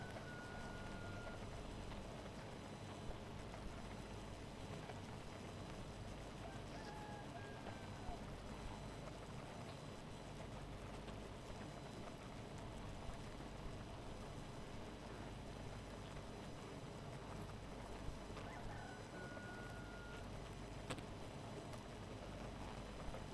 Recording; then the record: honeybee colony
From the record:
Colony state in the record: missing queen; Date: 14 July 2017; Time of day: 2:20